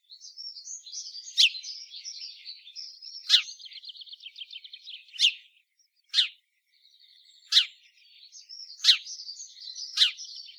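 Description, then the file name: House sparrow chirps, sharp and clipped, repeated at uneven intervals, with softer rapid chattering and buzzy twitters running between them. "Passer domesticus"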